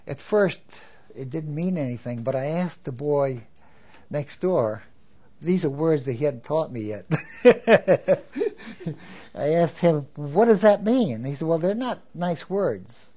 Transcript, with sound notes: At first it didn't mean anything, but I asked the boy next door, these are words that he hadn't taught me yet. ( he laughs ) I asked him, "What does that mean?" He said, "Well, they're not nice words."